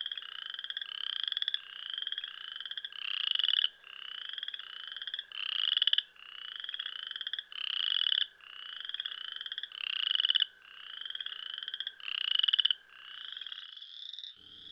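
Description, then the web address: Western chorus frog calling: a steady series of short pulsed trills. "Dan Gibson Wildlife Identification By Sound, Eastern North America Pt 1. Western Chorus Frog"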